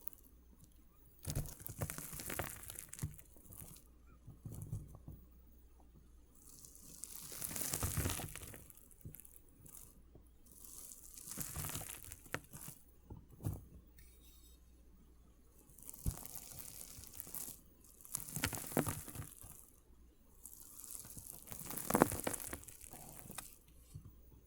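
Water beads being crushed make bursts of wet crackling, squishing and popping that come in clusters every few seconds, with a louder swell around eight seconds and near the end. Between bursts there are quieter gaps with faint clicks and a low steady hum.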